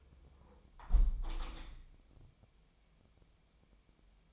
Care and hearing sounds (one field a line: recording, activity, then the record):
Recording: daily activity, microphone in the room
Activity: close window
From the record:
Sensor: 1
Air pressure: 1014.9 hPa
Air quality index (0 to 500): 30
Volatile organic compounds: 1 ppm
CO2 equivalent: 535 ppm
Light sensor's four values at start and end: 10/25/10/11 and 10/25/10/11